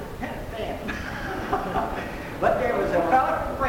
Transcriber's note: laughing